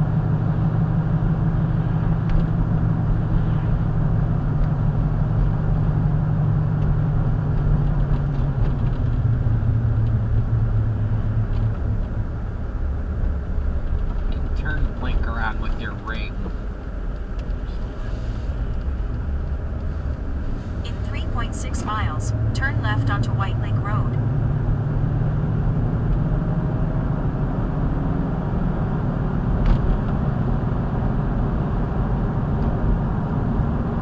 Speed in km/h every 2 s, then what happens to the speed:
55, 53, 53, 52, 40, 32, 27, 21, 18, 21, 31, 44, 52, 61, 66, 69, 71.
0-6 steady at about 53. 6-16 slows to 18. 16-34 speeds up to 71.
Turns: 15-20.